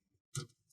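Prying around the edge of the bottom cover on an Eluktro Pro Notebook P957hr laptop frees the last retaining clip on the chassis with one sharp, bright click at 0.4 s, followed by a brief rattle. The bottom cover releases and starts to come away.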